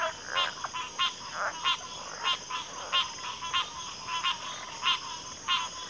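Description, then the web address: Cricket trill, high and continuous, with loud, uneven pulsed calls breaking in about every half second to second. Chorus of crickets in a backwater. "WLL Grade 1-12 Pre-Uni Library Enter Natures Songs Sleep Sounds of Nature CRICKETS Backwater Chorus"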